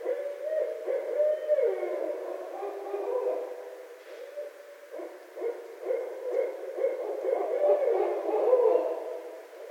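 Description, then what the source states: Barred owl calling in a busy, continuous stretch of low hoots and wavering cackles without a clear pause. Recorded on 29 February 2012.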